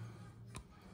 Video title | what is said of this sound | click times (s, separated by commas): Ultra RTA - ADG Engeneering - Netbuild en français FR | Voilà, j'ai entendu le petit clic. Là, je sais qu'il est à l'intérieur. | 0.6 s